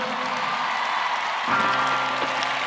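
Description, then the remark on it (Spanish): An audience applauds at the 40 Principales 40th anniversary concert, a dense, steady wash of clapping that holds at an even, fairly loud level throughout, with sustained tonal sounds joining in about halfway. “un aplauso.”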